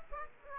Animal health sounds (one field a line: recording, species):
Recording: mosquito wingbeat signal from an infrared sensor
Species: Aedes aegypti